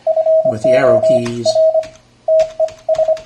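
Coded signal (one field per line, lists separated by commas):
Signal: Morse code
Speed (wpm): 25 wpm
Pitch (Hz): 630 Hz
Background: speech, radio noise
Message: FOR TES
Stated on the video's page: Morse sent by a homebuilt PICadillo 35T-based keyer without an internal speaker, sending an eBook text file.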